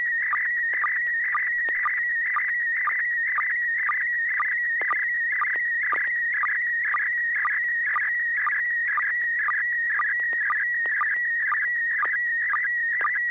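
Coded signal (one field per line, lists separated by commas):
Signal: SSTV (slow-scan television)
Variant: PD120 mode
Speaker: PD 120 um here's an image of my sound card and cabling setup that I'm using to transmit on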